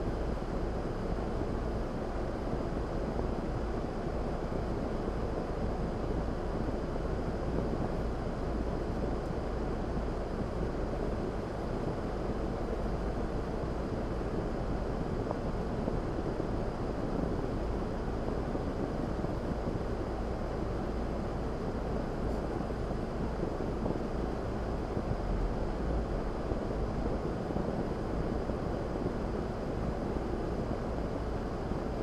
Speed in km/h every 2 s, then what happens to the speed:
8, 6, 5, 3, 0, 0, 3, 6, 6, 6, 0, 0, 2, 5, 6, 6.
0-7 slows to 0. 7-11 standing. 11-18 steady at about 6. 18-20 slows to 0. 20-24 standing.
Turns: none.